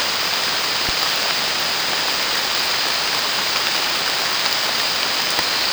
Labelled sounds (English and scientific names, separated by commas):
none